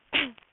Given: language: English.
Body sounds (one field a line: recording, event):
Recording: throat vibration sensor signal played as sound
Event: cough